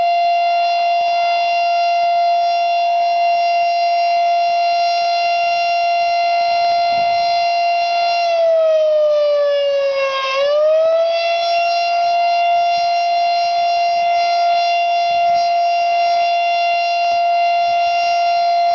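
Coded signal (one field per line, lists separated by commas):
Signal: siren signal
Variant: steady alert tone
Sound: continuous steady wailing siren tone, pitch briefly dipping then recovering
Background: outdoor ambience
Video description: Siren Signal: Alert/Brief Attack (Monthly Test)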